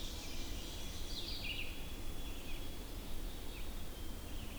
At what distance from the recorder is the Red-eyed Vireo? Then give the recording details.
about 50 m. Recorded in boreal forest in Alberta, Canada, on 20 June 2016 at 08:05. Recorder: SongMeter 3, array SBT-6-81. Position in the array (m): 43 m, 216 m